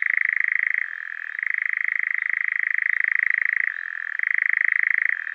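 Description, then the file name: European nightjar churring: a steady, rapid mechanical purr that shifts between a higher and a lower pitch several times, with no break across the whole stretch. "Eurasian Nightjar"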